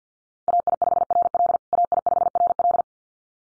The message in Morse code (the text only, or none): AI5RL AI5RL